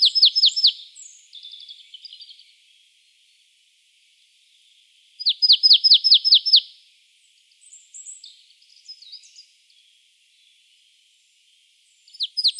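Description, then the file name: Marsh tit repeating fast strings of sharp, descending high notes, each string lasting about a second, separated by quieter scratchy twitters and short silences. "Poecile palustris"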